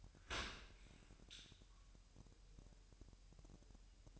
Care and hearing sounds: daily activity, microphone in the room; open dishwasher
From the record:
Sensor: 2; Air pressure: 1000.4 hPa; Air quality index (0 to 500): 246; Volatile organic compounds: 90 ppm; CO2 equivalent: 3686 ppm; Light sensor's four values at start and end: 9/21/8/8 and 9/21/8/8

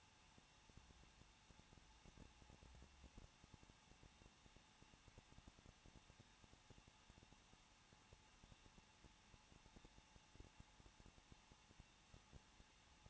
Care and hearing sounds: daily activity, microphone in the room; no activity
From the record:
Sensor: 1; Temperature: 20.1 degrees Celsius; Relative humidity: 39.1%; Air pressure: 1006.4 hPa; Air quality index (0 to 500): 216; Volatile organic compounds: 74 ppm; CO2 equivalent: 3553 ppm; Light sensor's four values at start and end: 1/2/1/1 and 1/2/1/1

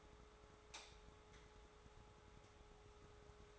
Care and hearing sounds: daily activity, microphone in the room; light off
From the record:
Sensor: 3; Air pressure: 1010.2 hPa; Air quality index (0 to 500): 168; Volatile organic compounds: 10 ppm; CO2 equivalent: 2202 ppm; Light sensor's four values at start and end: 48/120/52/57 and 45/111/49/54

